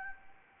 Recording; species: mosquito wingbeat signal from an infrared sensor; Anopheles gambiae